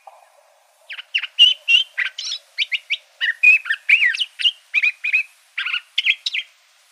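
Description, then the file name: Curve-billed thrasher song, after a brief low note, pours out a long string of fast, varied chirps, slurs and warbled phrases. Recorded in Arizona. "CBTH 8 Deviche"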